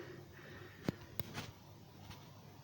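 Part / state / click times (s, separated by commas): model railway buffer stop pieces onto track / seated / 0.9 s, 1.2 s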